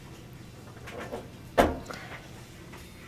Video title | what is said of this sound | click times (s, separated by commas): ✨ Leaking Whirlpool Top Loading Washing Machine - Easy Fix ✨ | push down until it clicks I use a bit of force there | 1.9 s